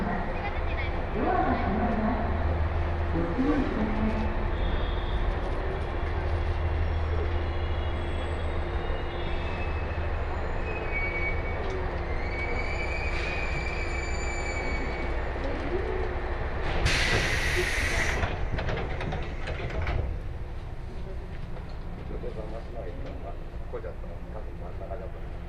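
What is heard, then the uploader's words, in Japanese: A train ride on the Sanyo Main Line from Okayama to Kurashiki: a steady low rumble fills the whole stretch, with a faint constant hum above it. Brief murmurs of voices drift in and out, and a sharp hissing burst cuts through around seventeen to twenty seconds. 鉄道旅 山陽本線 岡山→倉敷。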